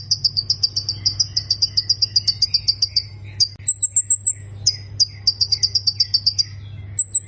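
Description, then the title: Plain prinia singing in fast runs of buzzy, metallic chirps, about four per second, broken by short pauses and thin higher notes, with a constant low background hum. "Ciblek Sawah"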